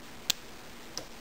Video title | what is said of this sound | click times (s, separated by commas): Anderson Powerpoles | a nice good click then | 0.3 s